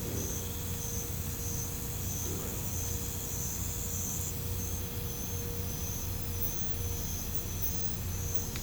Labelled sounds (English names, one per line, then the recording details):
none
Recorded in pastures near Puerto Asís, Putumayo, Colombia, on 20 December 2024 at 00:30
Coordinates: 0.505, -76.324
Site G063